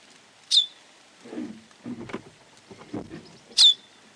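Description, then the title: Bird giving two sharp, high notes that sweep steeply downward, about three seconds apart, with soft low thumps and rustling in between. "LuckyPassaro Completos2Sama"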